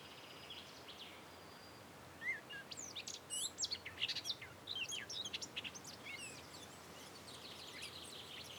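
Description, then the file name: Eurasian blackcap song: a rapid, varied warbling phrase of high chattering and fluty notes lasting about four seconds, with quiet background before and after. "Sylvia atricapilla"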